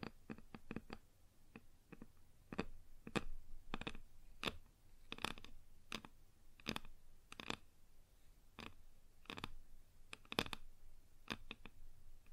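Tapping on a wooden surface: sharp, dry knocks come in uneven bursts, sometimes single, sometimes in quick pairs or triplets, roughly every half second to a second across the twelve seconds. Between taps there is a faint low rumble and little else.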